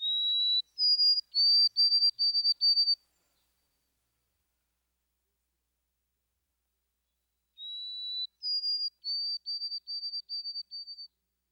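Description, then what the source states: White-throated Sparrow song given twice: a pure whistled opening note, then a higher series of short repeated whistles, with a long pause between the two songs. Song pattern of one or more introductory notes followed by triplets, rendered as peebity, peebity, peebity; a sweet whistle.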